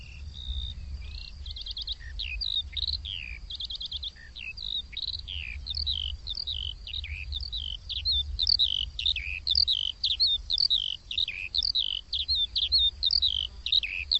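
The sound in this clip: Bird song, rapid twittering chirps with slurred and rising notes that grow busier toward the end, a thin constant high tone underneath and low rumble.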